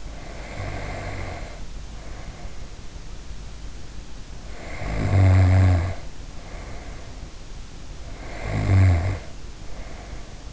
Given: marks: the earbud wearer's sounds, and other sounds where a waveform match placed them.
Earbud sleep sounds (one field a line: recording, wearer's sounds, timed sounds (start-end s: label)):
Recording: sounds in sleep by an in-ear microphone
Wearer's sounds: snoring breath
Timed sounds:
0.00-2.74 s: snoring breath
4.42-7.23 s: snoring breath
7.88-10.53 s: snoring breath